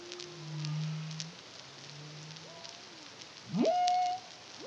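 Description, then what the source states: Humpback whale song: low steady moans near the bottom, then a sharp rising sweep into a long level whistled note, with faint crackling in the background. Caribbean, CARIMAM project, 2023.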